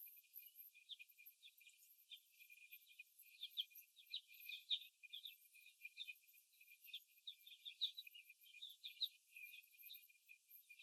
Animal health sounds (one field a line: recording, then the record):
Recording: young laying hens in a cage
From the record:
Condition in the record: after the stressor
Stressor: simulated dog barking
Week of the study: 1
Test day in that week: 2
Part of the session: 3